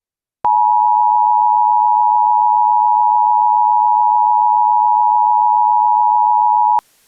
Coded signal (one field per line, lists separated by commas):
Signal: Emergency Alert System (SAME) tones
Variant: 853 and 960 Hz attention tone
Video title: EAS Scenario: Cold Infected Aliens